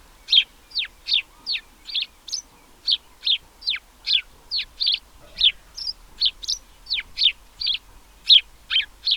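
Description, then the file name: House sparrow chirping in a lively continuous series, clipped bright notes roughly two to three times a second throughout, with quiet background. "Passer domesticus"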